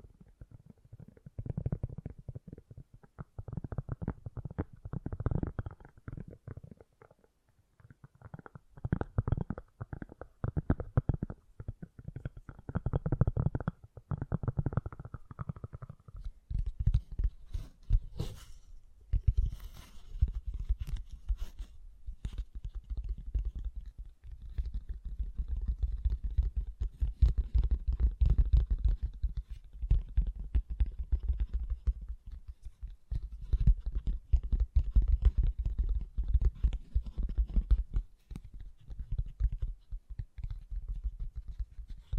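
Fast, gentle tapping runs without pause, a dense stream of soft, thuddy taps weighted toward the low end. For the first fifteen seconds the taps have a slightly hollow, ringing edge; afterward they turn duller and more muffled, with a few sharp clicks near the twenty-second mark.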